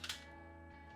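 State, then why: Not seated. A loaded magazine, its follower locked down, is pushed into the grip of a Walther PPQ spring airsoft pistol, making a brief scrape of contact noise at about 0.0–0.1 s over a steady low tonal hum. No click sounds, because the follower lock does not release automatically on insertion as it does on most guns and must be unlocked by hand.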